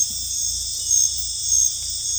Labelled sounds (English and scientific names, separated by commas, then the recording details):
none
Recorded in dense forest near Puerto Asís, Putumayo, Colombia, on 18 December 2024 at 22:00
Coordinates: 0.486, -76.317
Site G003